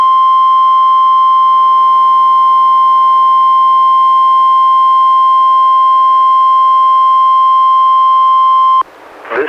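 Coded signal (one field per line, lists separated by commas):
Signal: Emergency Alert System (SAME) tones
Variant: 1050 Hz attention tone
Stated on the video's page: NWS Portland Required Weekly Tests relayed by a NOAA Weather Radio transmitter in Astoria, received on a Reecom R-1630 and recorded with a Zoom H1.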